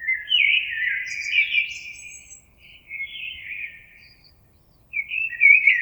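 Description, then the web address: Common blackbird delivering a fluty, wandering warbled phrase followed by softer notes, then the start of another phrase. Recorded 26 April 2022. "oiseaux Merle 2022 04 26"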